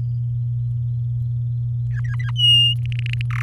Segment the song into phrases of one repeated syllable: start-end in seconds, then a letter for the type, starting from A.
1.90-2.31 A, 2.35-2.74 B, 2.79-3.21 C, 3.30-3.42 D